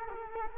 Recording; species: mosquito wingbeat signal from an infrared sensor; Culex quinquefasciatus